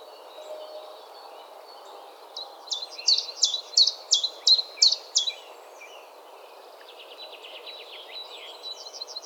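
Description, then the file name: Common Chiffchaff singing a short burst of evenly spaced, sharp high notes in the middle, followed by a quicker faint series of notes, over soft background noise. "Johannes Buhl - Penochka-tenkovka Phylloscopus collybita"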